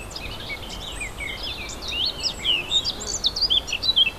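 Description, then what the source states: Warbler song, at first faint and scratchy amid hiss, then swelling into a dense, hurried stream of chattering, twisting notes. Warblers recorded 4 May 2011 on an MZ-N710 recorder.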